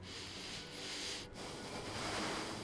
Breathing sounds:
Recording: one breath in and out by a microphone near the nose and mouth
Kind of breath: deep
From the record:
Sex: male

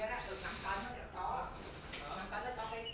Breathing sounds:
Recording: one breath in and out by a microphone near the nose and mouth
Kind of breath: deep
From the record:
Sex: male

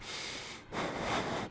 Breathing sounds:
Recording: one breath in and out by a microphone near the nose and mouth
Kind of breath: strong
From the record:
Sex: male

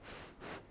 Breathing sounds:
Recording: one breath in and out by a microphone near the nose and mouth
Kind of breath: strong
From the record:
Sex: female

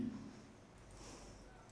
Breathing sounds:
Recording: one breath in and out by a microphone near the nose and mouth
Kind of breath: normal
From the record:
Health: marked as sick, illness not named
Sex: female

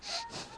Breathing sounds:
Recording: one breath in and out by a microphone near the nose and mouth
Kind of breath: strong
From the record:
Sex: male

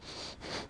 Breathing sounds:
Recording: one breath in and out by a microphone near the nose and mouth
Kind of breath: strong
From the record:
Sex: male

